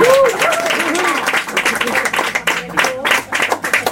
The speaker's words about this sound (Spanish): Venga, va. Un aplausito de estas así.